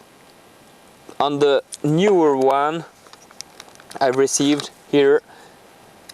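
Someone talks while handling the blade of a folding knife from a newer survival kit, with a few faint, sharp handling ticks between about 3.1 and 3.8 seconds and another near 6.1 seconds. The blade lock has not clicked into place yet; the clip ends before the blade locks open in its handle.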